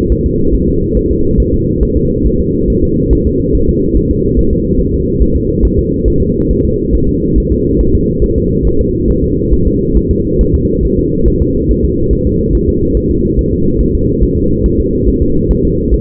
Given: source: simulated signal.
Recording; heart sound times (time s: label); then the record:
fetal heart sounds
0.12 s: S1
0.26 s: S2
0.54 s: S1
0.69 s: S2
0.97 s: S1
1.11 s: S2
1.40 s: S1
1.54 s: S2
1.83 s: S1
1.97 s: S2
2.26 s: S1
2.41 s: S2
2.70 s: S1
2.84 s: S2
3.13 s: S1
3.27 s: S2
3.55 s: S1
3.69 s: S2
3.97 s: S1
4.11 s: S2
4.39 s: S1
4.53 s: S2
4.80 s: S1
4.94 s: S2
5.22 s: S1
5.36 s: S2
5.65 s: S1
5.79 s: S2
6.08 s: S1
6.22 s: S2
6.51 s: S1
6.65 s: S2
6.95 s: S1
7.09 s: S2
7.38 s: S1
7.52 s: S2
7.81 s: S1
7.95 s: S2
8.24 s: S1
8.38 s: S2
8.67 s: S1
8.81 s: S2
9.10 s: S1
9.24 s: S2
9.53 s: S1
9.67 s: S2
9.97 s: S1
10.11 s: S2
10.41 s: S1
10.55 s: S2
10.85 s: S1
10.99 s: S2
11.28 s: S1
11.42 s: S2
11.71 s: S1
11.85 s: S2
12.13 s: S1
12.27 s: S2
12.55 s: S1
12.69 s: S2
12.97 s: S1
13.11 s: S2
13.39 s: S1
13.53 s: S2
13.81 s: S1
13.95 s: S2
14.23 s: S1
14.38 s: S2
14.66 s: S1
14.80 s: S2
15.08 s: S1
15.22 s: S2
15.51 s: S1
15.65 s: S2
15.94 s: S1
From the record:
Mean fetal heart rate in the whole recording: 140 bpm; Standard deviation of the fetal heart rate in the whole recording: 2 bpm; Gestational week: 34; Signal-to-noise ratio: -15.3 dB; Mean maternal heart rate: 72 bpm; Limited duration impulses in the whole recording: present